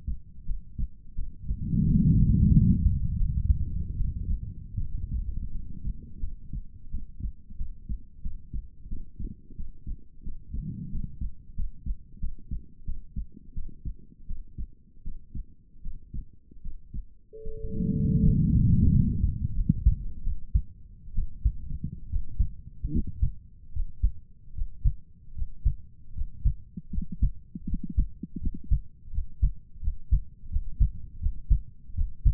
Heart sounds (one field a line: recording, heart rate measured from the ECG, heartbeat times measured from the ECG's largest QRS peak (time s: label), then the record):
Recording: heart sounds by stethoscope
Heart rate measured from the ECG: 82 bpm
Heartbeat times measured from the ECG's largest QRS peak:
0.44 s: heartbeat
1.14 s: heartbeat
1.84 s: heartbeat
2.51 s: heartbeat
3.16 s: heartbeat
3.95 s: heartbeat
4.77 s: heartbeat
5.50 s: heartbeat
6.19 s: heartbeat
6.90 s: heartbeat
7.56 s: heartbeat
8.21 s: heartbeat
8.88 s: heartbeat
9.55 s: heartbeat
10.23 s: heartbeat
10.90 s: heartbeat
11.55 s: heartbeat
12.19 s: heartbeat
12.84 s: heartbeat
13.53 s: heartbeat
14.26 s: heartbeat
15.02 s: heartbeat
15.81 s: heartbeat
16.61 s: heartbeat
17.42 s: heartbeat
18.22 s: heartbeat
18.90 s: heartbeat
19.54 s: heartbeat
20.22 s: heartbeat
21.13 s: heartbeat
22.08 s: heartbeat
22.90 s: heartbeat
23.71 s: heartbeat
24.53 s: heartbeat
25.33 s: heartbeat
26.12 s: heartbeat
26.89 s: heartbeat
27.65 s: heartbeat
28.38 s: heartbeat
29.10 s: heartbeat
29.79 s: heartbeat
30.48 s: heartbeat
31.18 s: heartbeat
31.93 s: heartbeat
From the record:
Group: healthy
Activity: rest 0-17 s, Valsalva maneuver 17-32 s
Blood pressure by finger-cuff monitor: 118/69 mmHg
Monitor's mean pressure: 85 mmHg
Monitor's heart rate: 83 bpm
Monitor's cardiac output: 7.3 L/min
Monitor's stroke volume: 89 mL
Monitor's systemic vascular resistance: 840 dyn s/cm5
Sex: female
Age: 23 years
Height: 160 cm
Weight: 50.4 kg